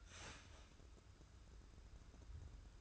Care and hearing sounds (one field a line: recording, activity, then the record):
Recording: daily activity, microphone in the room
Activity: start toaster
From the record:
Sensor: 2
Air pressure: 994.3 hPa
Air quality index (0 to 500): 205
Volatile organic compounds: 1000 ppm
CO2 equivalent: 6739 ppm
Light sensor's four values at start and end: 104/245/102/103 and 113/269/112/115